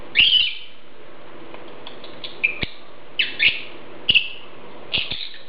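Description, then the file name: Lovebird calls: shrill, squeaky chirps given in short clusters at irregular intervals, with clicking sounds. "Prostaya fauna Golosa ptic - Nerazluchniki lat Agapornis"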